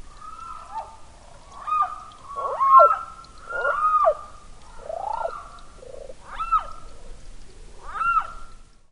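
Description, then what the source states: Ishikawa's frog calling: clear mid-pitched calls with sharp downward sweeps, repeated roughly once a second in a loose series, with a quiet background. Recorded in Yanbaru, Okinawa.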